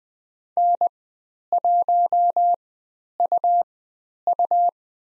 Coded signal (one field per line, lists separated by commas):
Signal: Morse code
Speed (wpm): 20 wpm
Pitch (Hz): 700 Hz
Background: none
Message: N1UU